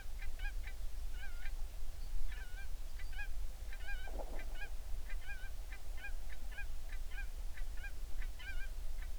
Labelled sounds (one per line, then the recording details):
waterfowl
seabird
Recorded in the Prudhoe Bay oil fields, Alaska, on 11 June 2019 at 04:51
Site 21